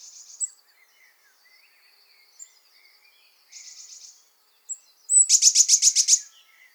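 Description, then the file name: Eurasian blue tit calls: soft buzzy chatter, a few thin high notes, then a loud burst of about eight harsh, evenly spaced buzzy notes. "Cyanistes caeruleus"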